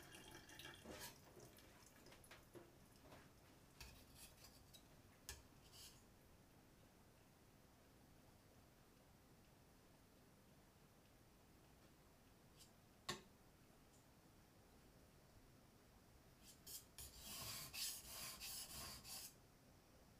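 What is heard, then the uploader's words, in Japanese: A kitchen knife is sharpened on a whetstone in short rasping strokes, a sharp click near thirteen seconds, then a louder scraping burst near the end. 環境音 久しぶりの包丁研ぎ。3本研いで少し疲れました。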